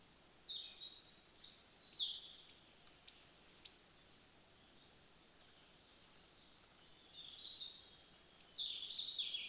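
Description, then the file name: Goldcrest song: thin, very high, rapidly repeated notes with lower twittering, a long pause, then the high, squeaky series starting again. "Goudhaan"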